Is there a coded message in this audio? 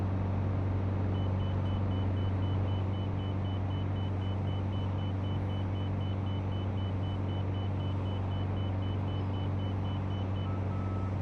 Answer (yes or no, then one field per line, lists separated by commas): no